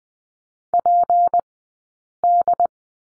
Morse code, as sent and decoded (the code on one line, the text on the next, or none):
.--. -..
PD